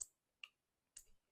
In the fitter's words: but it locks in place.